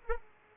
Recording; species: mosquito wingbeat signal from an infrared sensor; Aedes aegypti